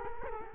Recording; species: mosquito wingbeat signal from an infrared sensor; Culex quinquefasciatus